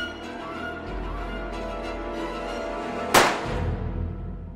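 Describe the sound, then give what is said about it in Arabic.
A single short, sharp gunshot in a radio drama, fired from behind at a policeman, cracks out about three seconds in, loud and abrupt with a quick fading tail, over a steady low droning musical background that plays throughout. “طلقة واحدة مختصرة جدا، كل هذا المدفع من أجل طلقة تافهة كهذه؟”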